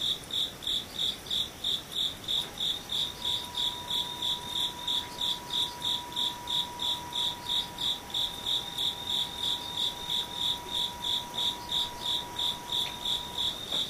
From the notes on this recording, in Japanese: ムシ